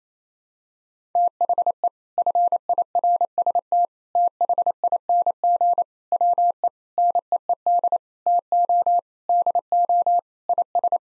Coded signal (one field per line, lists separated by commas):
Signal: Morse code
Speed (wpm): 28 wpm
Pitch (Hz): 700 Hz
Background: none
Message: THE FIRST THING WE NEED TO DO IS